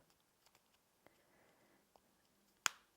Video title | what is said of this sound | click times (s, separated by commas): Festive Fun with a Christmas Appliqué Panel! | and you'll sort of hear it click in | 2.7 s